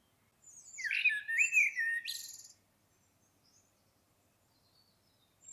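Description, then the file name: Common blackbird delivering one melodious, fluted phrase that ends in a sharp, high squeaky flourish, then near silence. "Turdus merula"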